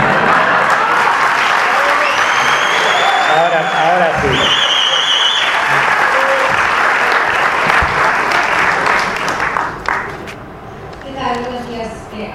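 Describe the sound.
Sustained audience applause at a class session, dense and loud for about ten seconds with some whistles and cheers mixed in, then tapering off as a voice starts talking near the end.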